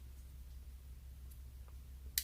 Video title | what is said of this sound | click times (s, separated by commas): TinyHawk S Teardown and Re-assembly | of flex there we go so it snap back in place so | 2.2 s